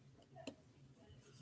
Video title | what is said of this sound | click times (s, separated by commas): jakob this is your first lesson. | sometimes it takes a little click just like that | 0.5 s